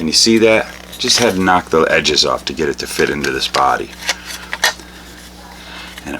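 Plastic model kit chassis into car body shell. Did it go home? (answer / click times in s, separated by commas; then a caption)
yes / 4.5 s, 4.6 s. Someone talks while a plastic model kit car chassis, its edges ground down so it will fit, is pressed up into the plastic body shell. Two sharp clicks at 4.5 and 4.6 seconds mark the chassis popping into place, and it is seated in the body.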